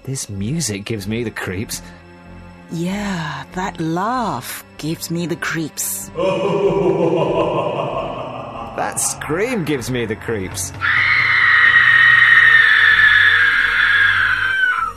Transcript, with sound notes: This music gives me the creeps.
Yeah and that laugh gives me the creeps (demonic laughter)
That scream gives me the creeps